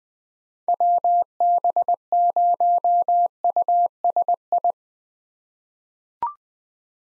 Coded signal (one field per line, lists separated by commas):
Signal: Morse code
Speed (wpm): 20 wpm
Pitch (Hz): 700 Hz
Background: none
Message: WB0USI